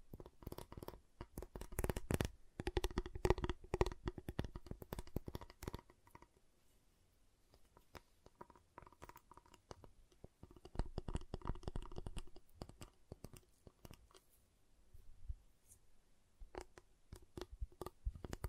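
Sharp taps, cuts and snaps on a giant chocolate bar come in dense bursts, busiest early, then sparser clusters with quiet gaps between.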